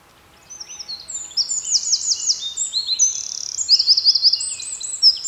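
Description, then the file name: Eurasian wren song starting after a brief quiet moment, then a loud stream of piercing notes and quick rattled trills. "Troglodytes troglodytes"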